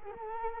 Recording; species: mosquito wingbeat signal from an infrared sensor; Culex quinquefasciatus